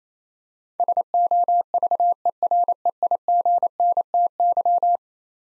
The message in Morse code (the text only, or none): SOVEREIGNTY